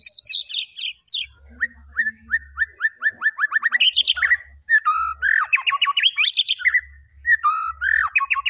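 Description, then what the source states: White-rumped shama song with high chirps, then a steady series of repeated whistled notes, followed by rich rising trills and scratchy flourishes. Lure recording used to make the bird respond.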